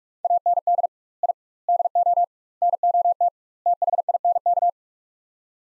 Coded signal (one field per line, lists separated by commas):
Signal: Morse code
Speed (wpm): 45 wpm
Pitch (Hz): 700 Hz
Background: none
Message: AND I DO NOT THINK